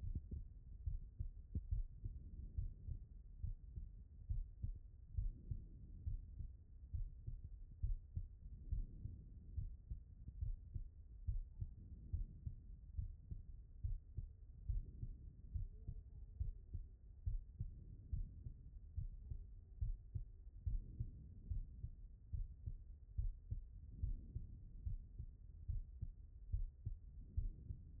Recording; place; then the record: heart sounds by stethoscope; pulmonary valve (PV)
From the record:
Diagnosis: non-HFrEF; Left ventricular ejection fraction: 64%